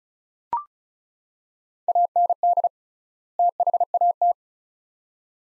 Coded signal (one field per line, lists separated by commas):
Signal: Morse code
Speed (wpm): 36 wpm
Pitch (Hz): 700 Hz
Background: none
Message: AND THAT